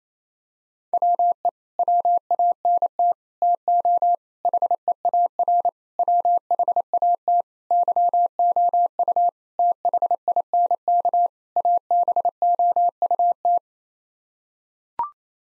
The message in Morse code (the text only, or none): WE WANT TO HEAR WHAT YOU THINK ABOUT